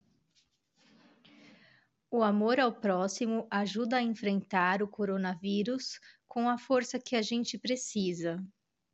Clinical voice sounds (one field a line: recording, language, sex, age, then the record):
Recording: spoken sentence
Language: Brazilian Portuguese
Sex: female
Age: 40 to 49 years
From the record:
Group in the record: control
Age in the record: 41 years